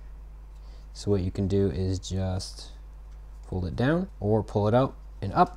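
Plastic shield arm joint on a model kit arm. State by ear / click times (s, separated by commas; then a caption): not seated / none. Someone talks while handling the double-jointed plastic shield arm on the arm of an MG RX-78GP01-Fb Gundam Zephyranthes Full Burnern plastic model kit, pulling it down, out and up toward the full-size shield position. Faint low hum sits under the speech, with a few light ticks between words. Nothing has seated or snapped into place yet.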